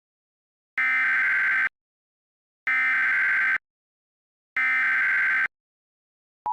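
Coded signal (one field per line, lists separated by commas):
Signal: Emergency Alert System (SAME) tones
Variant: header bursts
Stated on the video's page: Requested mock EAS Civil Danger Warning; not a real alert.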